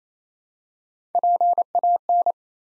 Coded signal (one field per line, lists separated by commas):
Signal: Morse code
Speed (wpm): 27 wpm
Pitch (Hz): 700 Hz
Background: none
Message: PAN